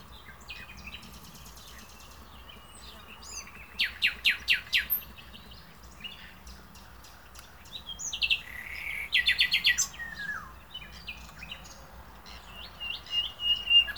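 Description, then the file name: Common nightingale song: a quiet start, then staccato repeated notes, a rich rattling phrase and a falling whistle, with gaps between phrases. "Luscinia megarhynchos"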